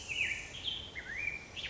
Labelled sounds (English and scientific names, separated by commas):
Black-headed Grosbeak (Pheucticus melanocephalus)